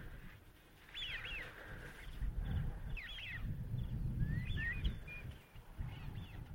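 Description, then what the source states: Eurasian wigeon whistles, a few clear 'whew' notes spaced throughout over a steady low rumble. Many wintering wigeon on the Ribble estuary marsh in February; the call is described as a funny 'whew, whew'.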